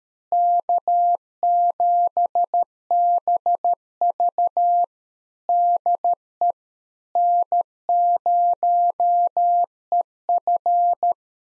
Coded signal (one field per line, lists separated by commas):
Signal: Morse code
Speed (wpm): 13 wpm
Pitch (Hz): 700 Hz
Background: none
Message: K7BV DE N0EF